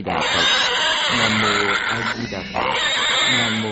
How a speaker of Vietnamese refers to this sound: Và ông đồ tể kế bên cũng ngay vào thời gian này tiến hành giết heo.